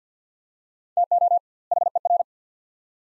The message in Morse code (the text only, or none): TO HER